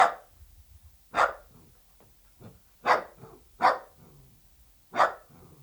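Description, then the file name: Dachshund giving loud sharp barks about every second or so, with a faint softer yap between them. "Het blaffen van een teckel - Beeld en Geluid"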